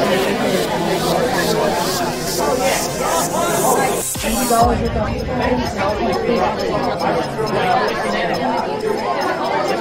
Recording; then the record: background sound without coughing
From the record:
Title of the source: Nightlife Party Simulating Party Club Noise 1 Hour